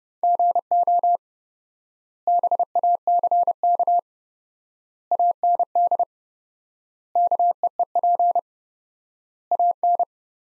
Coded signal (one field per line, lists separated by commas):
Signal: Morse code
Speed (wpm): 30 wpm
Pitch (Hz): 700 Hz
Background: none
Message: GO BACK AND KEEP AN